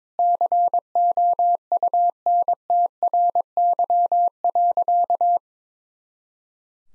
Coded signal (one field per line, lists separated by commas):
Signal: Morse code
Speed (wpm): 22 wpm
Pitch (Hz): 700 Hz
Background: none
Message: COUNTRY.